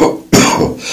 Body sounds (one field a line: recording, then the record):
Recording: coughing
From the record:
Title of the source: Spring Cold Coughing 3